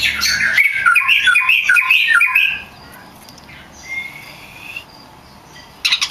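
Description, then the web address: Oriental magpie-robin song: a rich burst of varied warbling and chattering notes, followed by quieter, sparse whistles and a short scratchy ending. Champion (juara) song, used as masteran tutor song. "kacer juara. masteran kacer"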